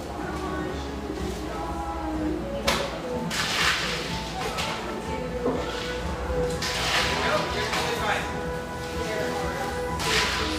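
A cafe in Portland's Grant Park neighborhood hums with overlapping voices and steady low murmur throughout. Bright hissing bursts, like a steam wand or espresso machine, flare up around three, six to eight, and ten seconds, with occasional sharp clatters between.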